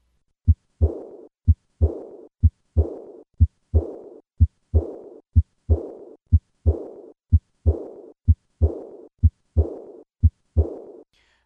Recorded at the fourth left intercostal space. This decrescendo diastolic murmur as typical for aortic regurgitation.